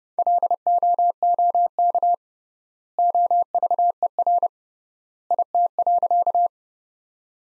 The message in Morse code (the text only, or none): LOOK OVER IT.